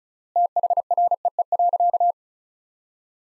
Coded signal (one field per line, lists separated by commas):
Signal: Morse code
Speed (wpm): 36 wpm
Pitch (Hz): 700 Hz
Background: none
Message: THREE.